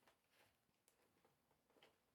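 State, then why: Not seated. A protective PPE helmet and its fabric hood are handled as the snap fasteners along the front of the helmet are brought up to be pressed into the hood. Only soft handling and rustling are heard, with faint ticks around 0.9 s and 1.8 s. Nothing has seated or clicked yet.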